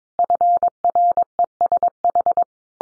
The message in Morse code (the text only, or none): FRESH